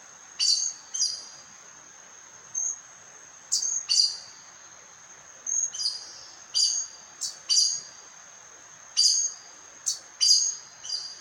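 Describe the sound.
Aracari calls: repeated high, sharp squeaky notes, often doubled, given at an uneven pace throughout.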